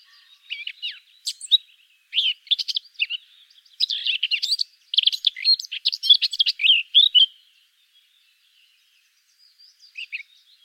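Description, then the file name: Eurasian blackcap giving a rapid, jumbled warbling song of twittering high notes in several bursts, then a few soft notes after a pause. "Sylvia atricapilla"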